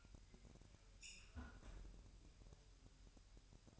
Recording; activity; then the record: daily activity, microphone in the room; close fridge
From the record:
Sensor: 2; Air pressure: 1001.8 hPa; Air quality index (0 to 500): 248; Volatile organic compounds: 38 ppm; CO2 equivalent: 3112 ppm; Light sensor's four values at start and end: 8/28/11/10 and 8/28/11/10